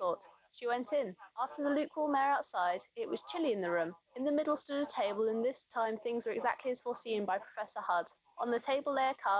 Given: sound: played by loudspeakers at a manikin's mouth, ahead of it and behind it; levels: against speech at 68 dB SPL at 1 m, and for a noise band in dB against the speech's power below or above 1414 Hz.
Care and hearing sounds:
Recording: test signals for a remote microphone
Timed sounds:
0.00-9.40 s: woman speaking, babble ahead at +6 dB SNR for speech at 1 m
From the record:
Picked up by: remote microphone B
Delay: 24 ms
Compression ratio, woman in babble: 1.71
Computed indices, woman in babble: HASPI 0.957, HASQI 0.352 (non-linear 0.409, linear 0.859), ESTOI 0.804

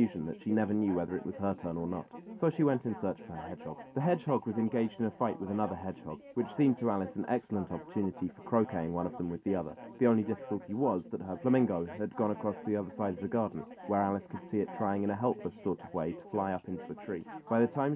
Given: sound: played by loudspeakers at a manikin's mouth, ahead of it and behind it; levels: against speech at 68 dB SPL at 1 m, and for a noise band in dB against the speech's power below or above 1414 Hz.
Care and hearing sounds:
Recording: test signals for a remote microphone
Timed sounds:
0.00-17.95 s: man speaking, babble ahead at +6 dB SNR for speech at 1 m
From the record:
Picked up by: measurement microphone

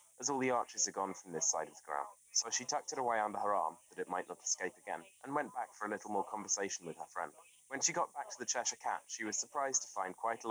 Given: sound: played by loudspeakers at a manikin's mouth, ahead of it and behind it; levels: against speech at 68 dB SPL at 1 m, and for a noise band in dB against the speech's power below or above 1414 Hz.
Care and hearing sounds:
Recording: test signals for a remote microphone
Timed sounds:
0.00-10.51 s: man speaking, babble ahead at +6 dB SNR for speech at 1 m
From the record:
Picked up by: remote microphone C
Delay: 23 ms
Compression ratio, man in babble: 1.37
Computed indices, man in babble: HASPI 0.990, HASQI 0.225 (non-linear 0.266, linear 0.842), ESTOI 0.695

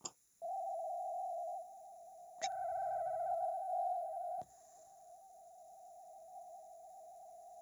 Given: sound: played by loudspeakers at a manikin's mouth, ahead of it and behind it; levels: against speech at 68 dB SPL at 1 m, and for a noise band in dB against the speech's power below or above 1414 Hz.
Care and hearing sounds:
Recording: test signals for a remote microphone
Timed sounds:
0.04 s: click
0.41-2.41 s: noise band at 707 Hz, -13 dB
2.41-4.41 s: noise band at 707 Hz, +22 dB
4.41-7.62 s: noise band at 707 Hz, -13 dB
From the record:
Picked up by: remote microphone A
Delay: 47 ms

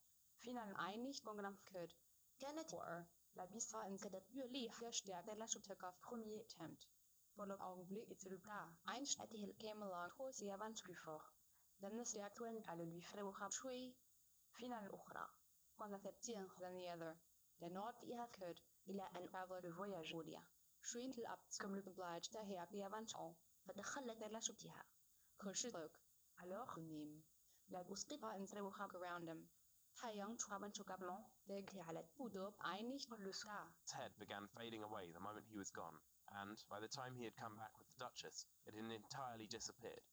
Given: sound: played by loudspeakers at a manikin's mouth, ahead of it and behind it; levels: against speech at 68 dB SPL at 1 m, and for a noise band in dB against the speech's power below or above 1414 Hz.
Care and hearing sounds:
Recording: test signals for a remote microphone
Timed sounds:
0.00-33.86 s: speech test signal (ISTS)
33.86-40.13 s: man speaking
From the record:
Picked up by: remote receiver E, fed by microphone B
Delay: 43 ms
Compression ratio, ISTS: 2.13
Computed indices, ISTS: SII 0.995, HASPI 0.992, HASQI 0.396 (non-linear 0.450, linear 0.880), ESTOI 0.808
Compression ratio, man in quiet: 2.77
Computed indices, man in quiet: SII 0.989, HASPI 1.000, HASQI 0.404 (non-linear 0.458, linear 0.882), ESTOI 0.745

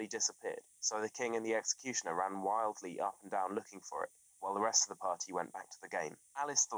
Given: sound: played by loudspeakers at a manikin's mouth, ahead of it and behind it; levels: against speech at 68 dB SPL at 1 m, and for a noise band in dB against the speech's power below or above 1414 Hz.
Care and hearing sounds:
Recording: test signals for a remote microphone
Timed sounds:
0.00-6.78 s: man speaking
From the record:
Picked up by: remote microphone C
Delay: 23 ms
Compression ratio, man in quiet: 1.79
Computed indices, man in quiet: SII 0.993, HASPI 0.992, HASQI 0.254 (non-linear 0.305, linear 0.832), ESTOI 0.734

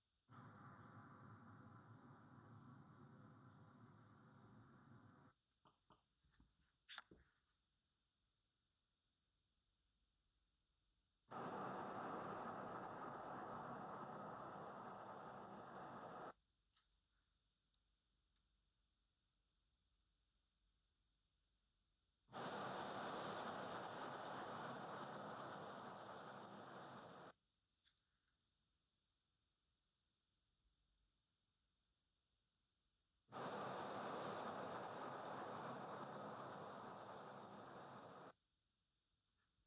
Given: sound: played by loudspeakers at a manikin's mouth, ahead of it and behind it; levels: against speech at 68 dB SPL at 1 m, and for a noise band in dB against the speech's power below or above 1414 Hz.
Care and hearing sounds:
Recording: test signals for a remote microphone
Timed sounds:
0.30-5.30 s: speech-spectrum noise from behind
5.68 s: click
5.93 s: click
11.30-16.30 s: speech-spectrum noise from the mouth, turned 45 degrees left
22.30-27.30 s: speech-spectrum noise from the mouth, facing ahead
33.30-38.30 s: speech-spectrum noise from the mouth, turned 45 degrees right
From the record:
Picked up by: remote receiver E, fed by microphone B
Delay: 43 ms

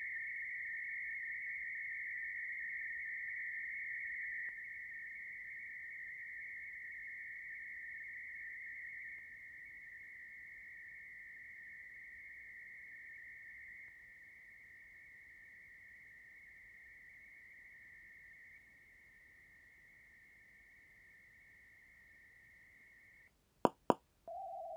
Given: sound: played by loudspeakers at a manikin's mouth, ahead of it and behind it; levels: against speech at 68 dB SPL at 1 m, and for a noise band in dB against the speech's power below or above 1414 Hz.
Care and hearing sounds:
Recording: test signals for a remote microphone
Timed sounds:
0.00-4.49 s: noise band at 2000 Hz, +10 dB
4.49-9.19 s: noise band at 2000 Hz, +5 dB
9.19-13.88 s: noise band at 2000 Hz, 0 dB
13.88-18.58 s: noise band at 2000 Hz, -5 dB
18.58-23.28 s: noise band at 2000 Hz, -10 dB
23.65 s: click
23.90 s: click
24.28-24.77 s: noise band at 707 Hz, -13 dB
From the record:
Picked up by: measurement microphone

